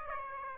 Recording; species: mosquito wingbeat signal from an infrared sensor; Aedes aegypti